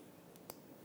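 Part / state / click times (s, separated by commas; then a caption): jewellery clasp closing onto its catch / seated / 0.4 s, 0.5 s. A metal jewellery clasp is closed onto its catch, giving two quick, sharp clicks at 0.4 s and 0.5 s, the second louder, as it locks shut. The click is heard as a reassuring sign of quality and security, and the clasp is seated.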